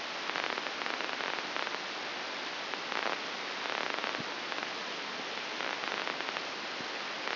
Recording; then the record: brain microelectrode recording played as sound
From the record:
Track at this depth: outside the subthalamic nucleus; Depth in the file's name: 7.26 mm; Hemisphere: left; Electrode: 2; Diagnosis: Parkinson's disease